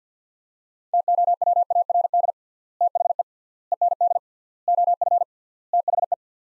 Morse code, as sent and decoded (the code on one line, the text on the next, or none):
- --- .-- .- .-. -.. / - .... . / . -. -.. / --- ..-. / - .... .
TOWARD THE END OF THE